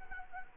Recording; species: mosquito wingbeat signal from an infrared sensor; Anopheles arabiensis